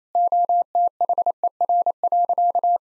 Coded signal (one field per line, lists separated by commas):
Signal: Morse code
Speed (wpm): 28 wpm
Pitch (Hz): 700 Hz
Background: none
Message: OTHER.